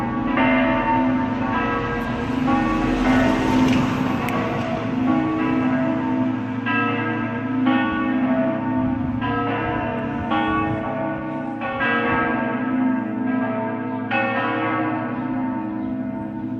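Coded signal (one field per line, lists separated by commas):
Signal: bell signal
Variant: Friulian battiore and dopli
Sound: several large church bells ringing continuously in overlapping rhythmic strokes, rich ringing tones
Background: outdoor ambience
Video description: Battiore sul campanone e dopli con le tre maggiori delle 17:30 per la Messa festiva delle 18:00.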